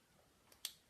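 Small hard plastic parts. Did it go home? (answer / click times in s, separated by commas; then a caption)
yes / 0.6 s. A second plastic helmet half is pressed over the first to close the helmet on an action figure. A faint tick at 0.5 s comes before a sharp, bright snap at 0.7 s, and the helmet half clips in perfectly and is seated.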